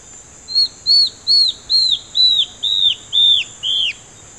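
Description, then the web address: Yellow-browed antbird song: a steady series of eight clear arched whistles, each slurring downward, spaced about half a second apart, with a constant high hum behind. "Yellow browed antbird. پرنده-مورچه-مرغ-ابرو-زرد"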